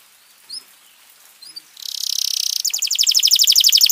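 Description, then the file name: Domestic canary: two soft chirps, then a sudden buzzy roll followed by a fast, evenly repeated trill of bright notes. "kenari"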